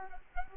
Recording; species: mosquito wingbeat signal from an infrared sensor; Culex quinquefasciatus